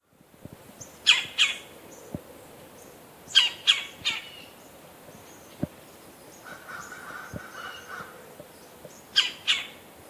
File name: Melanerpes carolinus - Red-bellied Woodpecker